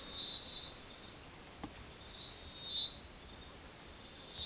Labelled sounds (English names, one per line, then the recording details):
none
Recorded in forest near Pivijay, Magdalena, Colombia, on 15 April 2023 at 15:30
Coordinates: 10.467, -74.380
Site Z5-G034